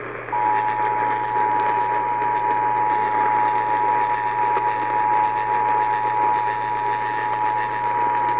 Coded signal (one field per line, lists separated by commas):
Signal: Emergency Alert System (SAME) tones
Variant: 853 and 960 Hz attention tone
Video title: Eas Fwd svr on WBAP-AM Eas#1823